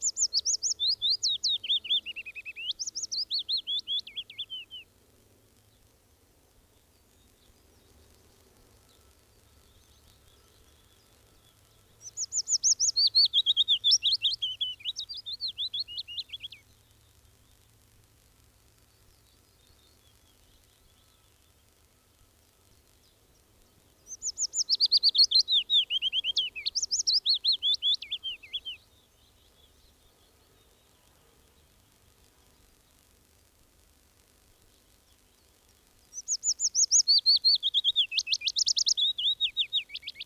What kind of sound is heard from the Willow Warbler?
song